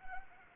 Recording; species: mosquito wingbeat signal from an infrared sensor; Anopheles arabiensis